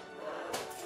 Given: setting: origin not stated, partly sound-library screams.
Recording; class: one-second piece from a danger detection set; woman in danger